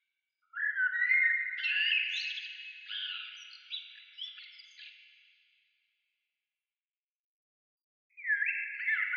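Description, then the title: Bird song: a long phrase of stepped whistled notes and warbles that fades out, then a fresh phrase begins after a silent gap. "Oiseaux"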